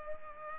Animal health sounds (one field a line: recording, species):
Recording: mosquito wingbeat signal from an infrared sensor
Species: Culex pipiens